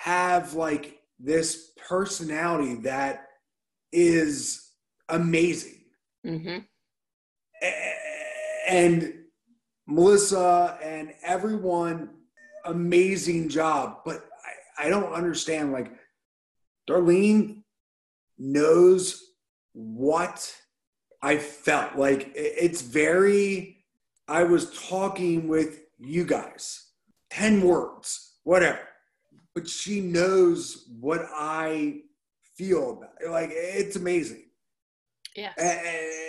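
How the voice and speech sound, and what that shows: Halting, fragmented speech from an adult man, a stroke and traumatic brain injury survivor with aphasia, with long pauses, word-finding gaps and broken phrases, consistent with non-fluent aphasia. Early in his recovery he could say only a handful of curse words, yes, no and three or four other things.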